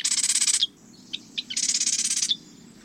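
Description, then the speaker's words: Marsh Wren song: two rapid, buzzy, rattling bursts of high notes, each under a second, separated by a pause with a couple of brief soft notes. Male singing alone at dawn in a western marsh in midsummer, staking out territory and attracting mates. "First, let's hear the marsh wren just by himself."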